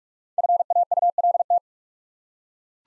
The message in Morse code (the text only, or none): FAULT